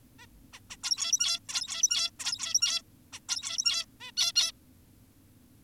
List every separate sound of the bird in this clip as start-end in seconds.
0.19-0.26, 0.53-0.60, 0.70-0.77, 0.83-1.40, 1.48-2.10, 2.20-2.82, 3.13-3.20, 3.29-3.86, 4.00-4.12, 4.17-4.32, 4.36-4.52